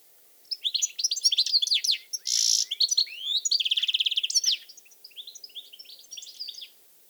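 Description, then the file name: European goldfinch song, a rapid jumble of liquid twitters, a brief harsh buzzy note and a fast rattling trill, fading into softer twitters. "Carduelis carduelis"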